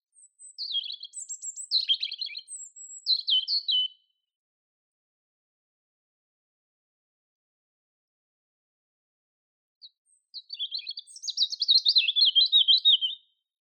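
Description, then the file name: European robin song in two bursts: varied high thin whistles and tumbling warbles, a long pause, then a fast trilled phrase. "Erithacus rubecula"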